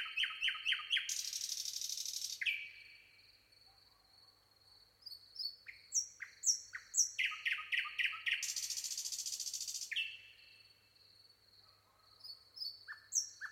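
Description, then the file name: Common nightingale singing rapid repeated notes and two long harsh buzzy rattles, separated by quieter whistles and varied short phrases. "Luscinia megarhynchos"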